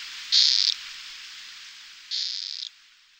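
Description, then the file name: Amazonian poison frog giving two high buzzy calls, the first short and the second slightly longer, with a steady hiss between them. "Dendrobates ventrimaculatus"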